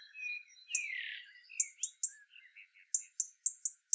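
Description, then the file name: European robin: a squeaky warbling phrase, with a series of very high, sharp ticking notes at uneven intervals through and after it. "Erithacus rubecula"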